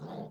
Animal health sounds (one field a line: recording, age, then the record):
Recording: pig call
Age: piglet (1 to 25 days)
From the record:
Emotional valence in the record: negative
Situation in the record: short isolation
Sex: female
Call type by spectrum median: low-frequency call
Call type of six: low-frequency stable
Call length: 0.30 s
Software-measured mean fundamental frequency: 55 Hz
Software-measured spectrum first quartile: 192 Hz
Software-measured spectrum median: 381 Hz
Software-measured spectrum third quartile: 668 Hz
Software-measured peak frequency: 179 Hz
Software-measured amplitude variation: 108 dB a second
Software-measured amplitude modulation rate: 21.4 a second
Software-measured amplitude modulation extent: 5.1 dB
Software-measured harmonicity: 0.2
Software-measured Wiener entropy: -0.14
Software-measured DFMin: 1663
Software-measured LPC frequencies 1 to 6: 633, 3665, 4592, 6440, 7614, 8659 Hz